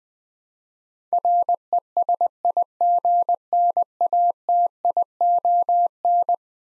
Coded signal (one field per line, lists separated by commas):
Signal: Morse code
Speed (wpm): 21 wpm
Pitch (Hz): 700 Hz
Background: none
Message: RESIGNATION